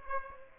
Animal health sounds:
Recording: mosquito wingbeat signal from an infrared sensor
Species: Aedes aegypti

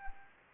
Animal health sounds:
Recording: mosquito wingbeat signal from an infrared sensor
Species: Anopheles arabiensis

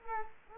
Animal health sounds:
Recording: mosquito wingbeat signal from an infrared sensor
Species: Culex quinquefasciatus

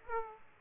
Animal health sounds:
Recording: mosquito wingbeat signal from an infrared sensor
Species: Aedes aegypti

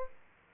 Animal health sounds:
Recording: mosquito wingbeat signal from an infrared sensor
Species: Aedes aegypti

